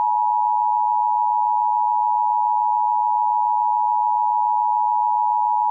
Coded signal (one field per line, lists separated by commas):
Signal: Emergency Alert System (SAME) tones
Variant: 853 and 960 Hz attention tone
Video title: EAS Scenario 4: The Tiktok Data Transfer Conflict